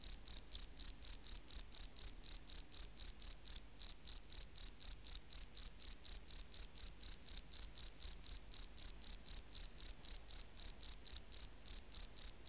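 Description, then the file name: Field cricket giving an unbroken, even string of bright chirps, about four each second, in quiet surroundings. "Bio Acoustica Gryllus campestris"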